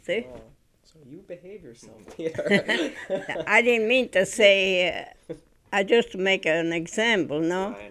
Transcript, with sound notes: See?
You behave yourself, Peter. ( they laugh )
I didn't mean to say, just to make an example, no.